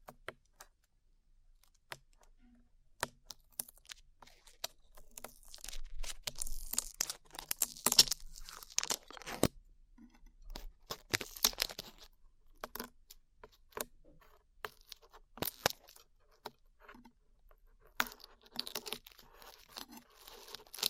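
Glue being peeled off ears comes through as sticky crackling and sharp clicks. The crackles thicken into a dense, bright tearing run around five to ten seconds, then thin to scattered snaps before picking up again near the end.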